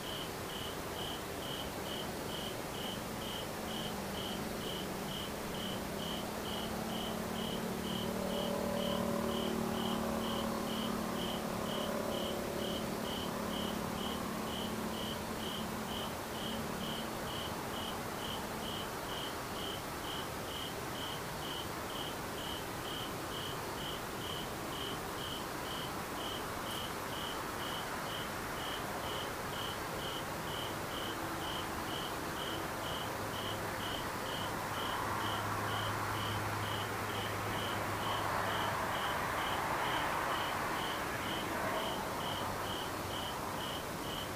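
An ambient outdoor recording dominated by a steady, fast, regular insect chirping, like crickets, pulsing evenly at a high pitch throughout. Beneath it a low rumble rises and fades, as of passing vehicles, strongest around 8–15 seconds and again near 35–40 seconds.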